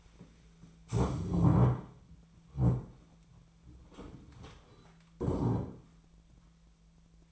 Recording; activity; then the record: daily activity, microphone in the room; stand up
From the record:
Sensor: 1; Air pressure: 1007.9 hPa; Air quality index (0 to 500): 192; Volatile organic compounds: 17 ppm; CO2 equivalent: 2590 ppm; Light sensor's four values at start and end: 13/33/13/15 and 13/32/13/14